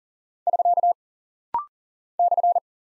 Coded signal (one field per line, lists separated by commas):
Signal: Morse code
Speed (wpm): 39 wpm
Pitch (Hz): 700 Hz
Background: none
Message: <SK> /